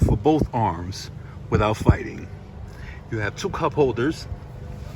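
A man talks over low background noise as the rear fold-down center armrest with cup holders on a 2021 Porsche Taycan is handled, about to be pushed back up into the seatback. The clip ends before the armrest goes home, so nothing has latched or clicked yet.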